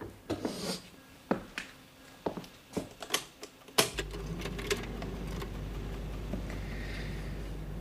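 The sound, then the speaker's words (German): A run of sharp clicks and taps, then a loud switch click as an air filter starts up, settling into a steady, low, droning whir that continues to the end. “Ich werde den Luftfilter einschalten.”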